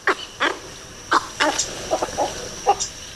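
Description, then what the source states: Western cattle egret uttering harsh, rasping croaks in irregular bursts, some single and some in quick pairs, against a quiet background. Common on several continents today but originally from Africa; not found in the Americas until the late 1800s.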